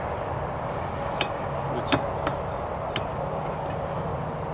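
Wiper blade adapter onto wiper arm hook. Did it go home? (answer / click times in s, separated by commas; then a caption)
no / none. A wiper blade is pushed onto the hook of a wiper arm with its adapter latch facing the wrong way, over a steady low background hum. A few short handling knocks are heard at about 1.9, 2.3 and 3.0 seconds, but they are not a latch. The adapter has not clicked onto the arm.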